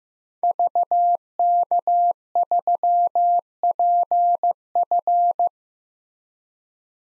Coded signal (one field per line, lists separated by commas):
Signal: Morse code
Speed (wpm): 15 wpm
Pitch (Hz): 700 Hz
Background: none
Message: VK3PF